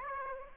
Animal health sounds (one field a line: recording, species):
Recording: mosquito wingbeat signal from an infrared sensor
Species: Aedes aegypti